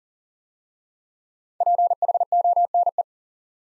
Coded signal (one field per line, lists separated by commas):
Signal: Morse code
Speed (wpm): 39 wpm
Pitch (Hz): 700 Hz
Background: none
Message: PHONE